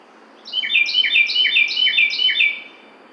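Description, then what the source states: Carolina wren song with a quick steady string of repeated loud, liquid phrases, roughly five in a row over two seconds. Recorded 12 June 2009.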